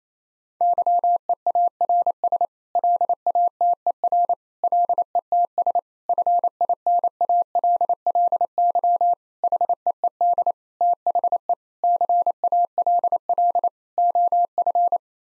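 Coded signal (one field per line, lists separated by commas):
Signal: Morse code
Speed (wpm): 28 wpm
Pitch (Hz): 700 Hz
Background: none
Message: YEARS LATER LETS FINALLY HEED THE CALL OF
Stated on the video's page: Head-copy drill of common 8-word groups at 28 wpm, each sent in Morse, then spoken, then sent again.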